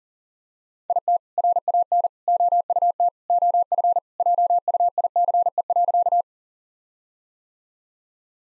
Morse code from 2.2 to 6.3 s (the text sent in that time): OUT OF JUICE.